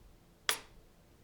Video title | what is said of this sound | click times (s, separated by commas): Now this is Fast! Lexar CF express Type A Card & Reader | and it does the exact same thing you just stick it in press down until it clicks and it's ready to go | 0.5 s